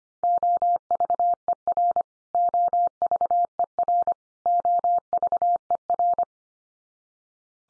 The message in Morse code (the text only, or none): OVER OVER OVER